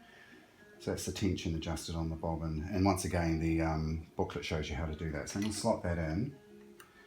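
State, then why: Seated. Someone talks about the bobbin tension having been adjusted, then slots the metal bobbin case, its hinged latch laid flat, into the shuttle of a Singer 221K1 Featherweight sewing machine. A short, sharp click at 6.8 s shows the bobbin case has seated in place.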